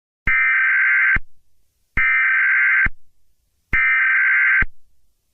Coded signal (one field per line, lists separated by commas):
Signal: Emergency Alert System (SAME) tones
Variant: header bursts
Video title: EAS Scenario: The red eye man (FULL SERIES) (analog horror)